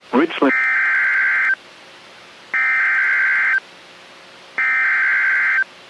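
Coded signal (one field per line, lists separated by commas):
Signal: Emergency Alert System (SAME) tones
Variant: header bursts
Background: speech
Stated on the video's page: Severe thunderstorm warning on NOAA Weather Radio station in Fort Worth, Texas.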